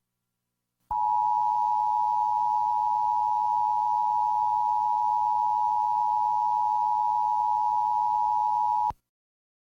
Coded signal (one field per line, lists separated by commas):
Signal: Emergency Alert System (SAME) tones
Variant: 853 and 960 Hz attention tone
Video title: EAS #90 - Severe Thunderstorm Warning: Raleigh, NC